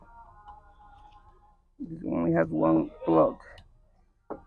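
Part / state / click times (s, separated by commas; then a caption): electrical plug into headlamp housing socket / seated / 4.3 s. A wiring plug is pushed into the socket on the plastic housing of an Audi Q7 headlamp assembly. Someone talks, then a single sharp click sounds at 4.3 s as the connector seats, confirming the plug is properly clicked in.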